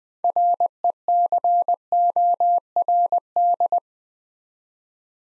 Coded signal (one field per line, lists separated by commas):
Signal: Morse code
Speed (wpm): 20 wpm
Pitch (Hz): 700 Hz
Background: none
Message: RECORD